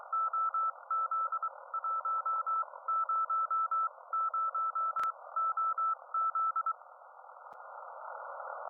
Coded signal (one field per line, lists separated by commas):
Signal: Morse code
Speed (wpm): 24 wpm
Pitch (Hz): 1320 Hz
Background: none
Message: OZ100OZ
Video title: Monitor the Situation : CW & Ham Radio 5.3.2026